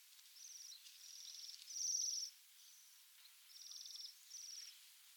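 Bohemian waxwing call: high, buzzy, trilled notes given in short bursts of under a second, with brief pauses between them, one louder burst near the middle.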